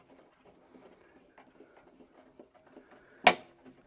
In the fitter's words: There you go. You heard the click as it went in.